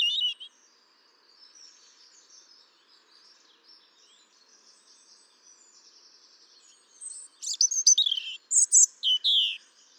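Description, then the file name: European robin song: a brief high warble at the start, a long quiet gap with faint twittering, then a loud burst of thin, tumbling high notes near the end. "Erithacus rubecula"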